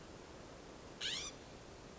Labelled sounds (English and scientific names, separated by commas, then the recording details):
California Scrub-Jay (Aphelocoma californica)
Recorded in Sonoma County, California